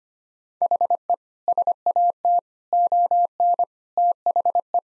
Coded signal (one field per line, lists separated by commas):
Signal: Morse code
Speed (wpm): 25 wpm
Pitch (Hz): 700 Hz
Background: none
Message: HE SAT ON THE